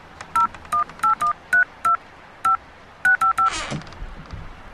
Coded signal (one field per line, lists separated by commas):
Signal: DTMF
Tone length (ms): 120 ms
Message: 018132 5 655